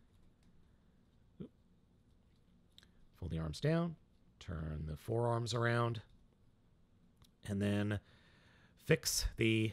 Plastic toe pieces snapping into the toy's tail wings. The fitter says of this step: the tail wings up flip the toes down and they will snap into place on the inside of the of the tail